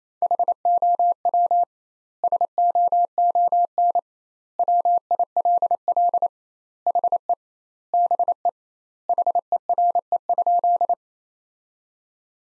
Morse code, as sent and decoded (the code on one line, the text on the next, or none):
.... --- .-- / ... --- --- -. / .-- .. .-.. .-.. / .... . / -... . / .... . .-. . ..--..
HOW SOON WILL HE BE HERE?